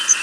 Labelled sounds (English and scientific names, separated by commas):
Yellow Warbler (Setophaga petechia) flight call